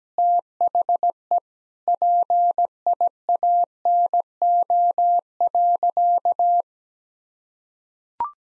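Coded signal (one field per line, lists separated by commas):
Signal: Morse code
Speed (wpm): 17 wpm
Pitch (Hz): 700 Hz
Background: none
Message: THE PIANO.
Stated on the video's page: Morse practice sentences at 17 wpm with contextual hints.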